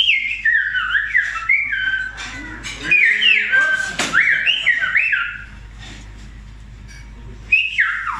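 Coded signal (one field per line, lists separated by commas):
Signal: whistled language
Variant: Silbo Gomero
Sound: a loud gliding whistle rising and falling in pitch, phrase-like segments with pauses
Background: low hum, room noise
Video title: El Silbo Gomero Demostración Restaurante Mirador Abrante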